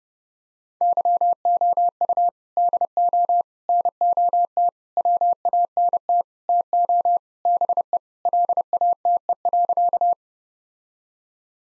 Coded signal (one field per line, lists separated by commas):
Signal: Morse code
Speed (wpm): 32 wpm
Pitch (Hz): 700 Hz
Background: none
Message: YOU DO NOT WANT TO BE LATE.